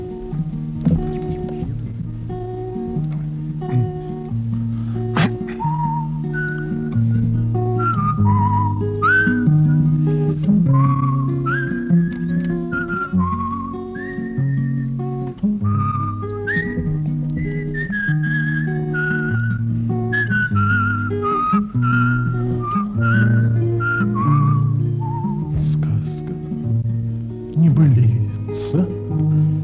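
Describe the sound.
A person whistles a flowing, tuneful French chanson melody of high, pure notes that rise and fall over steady low instrumental accompaniment, continuing for the whole stretch at a moderate volume.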